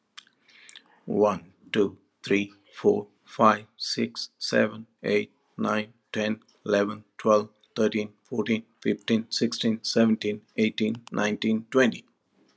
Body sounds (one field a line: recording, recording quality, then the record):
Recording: counting at a normal pace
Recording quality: excellent, no background noise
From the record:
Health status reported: healthy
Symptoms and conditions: hypertension, diabetes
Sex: male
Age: 64 years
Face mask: not worn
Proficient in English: yes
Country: India